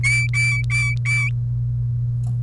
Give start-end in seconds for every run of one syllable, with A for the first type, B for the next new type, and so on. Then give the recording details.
0.03-1.29 A. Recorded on 1 May 2018 at 10:54. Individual llb3